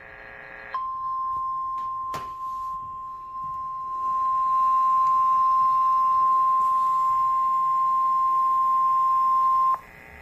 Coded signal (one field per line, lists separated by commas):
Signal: Emergency Alert System (SAME) tones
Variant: 1050 Hz attention tone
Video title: EAS #180 | Severe T Storm Warning on KQID 93.1 FM